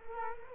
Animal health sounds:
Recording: mosquito wingbeat signal from an infrared sensor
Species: Culex quinquefasciatus

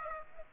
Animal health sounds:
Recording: mosquito wingbeat signal from an infrared sensor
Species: Aedes aegypti

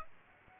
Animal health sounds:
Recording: mosquito wingbeat signal from an infrared sensor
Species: Aedes aegypti

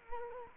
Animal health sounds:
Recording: mosquito wingbeat signal from an infrared sensor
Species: Culex quinquefasciatus

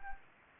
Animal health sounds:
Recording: mosquito wingbeat signal from an infrared sensor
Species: Anopheles gambiae

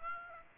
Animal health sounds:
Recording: mosquito wingbeat signal from an infrared sensor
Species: Aedes aegypti

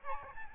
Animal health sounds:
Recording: mosquito wingbeat signal from an infrared sensor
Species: Aedes albopictus

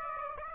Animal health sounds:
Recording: mosquito wingbeat signal from an infrared sensor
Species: Aedes aegypti

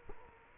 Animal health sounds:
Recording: mosquito wingbeat signal from an infrared sensor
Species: Culex quinquefasciatus

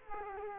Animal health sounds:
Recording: mosquito wingbeat signal from an infrared sensor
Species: Culex quinquefasciatus

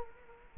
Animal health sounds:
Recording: mosquito wingbeat signal from an infrared sensor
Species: Culex quinquefasciatus

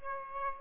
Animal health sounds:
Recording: mosquito wingbeat signal from an infrared sensor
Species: Aedes aegypti

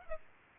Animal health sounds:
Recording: mosquito wingbeat signal from an infrared sensor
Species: Aedes aegypti

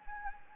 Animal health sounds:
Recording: mosquito wingbeat signal from an infrared sensor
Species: Anopheles gambiae

